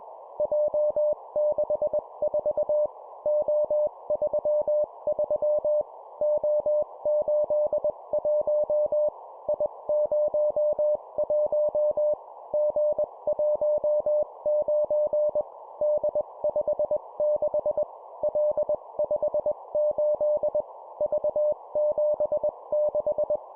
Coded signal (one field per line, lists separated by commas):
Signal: Morse code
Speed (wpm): 21 wpm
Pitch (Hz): 600 Hz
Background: none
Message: J64 O33 O81 I01 G19 D56 L58 V76